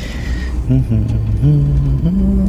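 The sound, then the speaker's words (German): The engine of the fastest car currently in Israel revs up in a few rising surges over a steady low rumble, growing louder and higher in pitch as it pulls away. “Schnellstes Auto, das es zurzeit gibt in Israel.”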